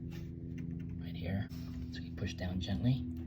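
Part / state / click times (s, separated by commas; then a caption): memory module into motherboard DIMM slot / not seated / none. A RAM memory module is handled and pressed gently down on one side into a motherboard DIMM slot, the step where its plastic retention clips are meant to snap into place. Someone talks over faint soft taps and a steady low hum. Nothing has seated or clicked yet.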